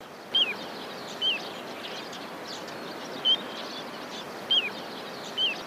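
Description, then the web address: Little ringed plover calls: short, clear, down-slurred whistles given five times at irregular intervals over a steady background hiss. "izumino saunndo kotidori"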